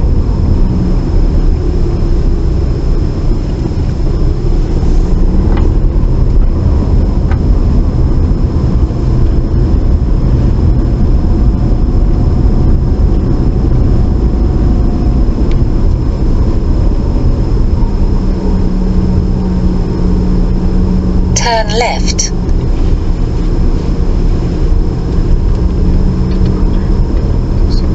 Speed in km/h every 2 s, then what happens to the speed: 15, 15, 21, 24, 26, 27, 26, 23, 18, 18, 18, 16, 18, 16.
0-10 speeds up to 27. 13-16 slows to 18. 16-28 steady at about 18.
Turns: none.